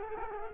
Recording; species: mosquito wingbeat signal from an infrared sensor; Culex quinquefasciatus